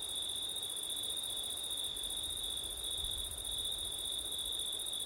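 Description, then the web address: Cricket: short stretch of nonstop cricket trilling, high and even. Crickets on a September night, recorded with wind; ORTF microphone setup. "audio crickets wind september night ortif"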